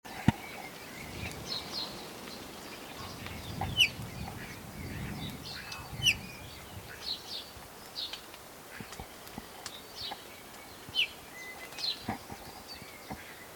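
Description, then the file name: Eurasian bullfinch giving brief soft whistled call notes, several seconds apart, amid other faint bird chirps and low rumbling background noise. "Pyrrhula pyrrhula"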